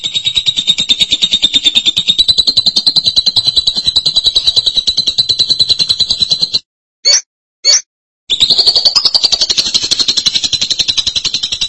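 Lovebird song: extended high buzzy chatter, two quick sharp chirps in a pause, then chattering again with a rising start.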